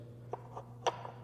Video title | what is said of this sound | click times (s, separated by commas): Make something beautiful from your hardwood scraps | it will click into place like that. | 0.9 s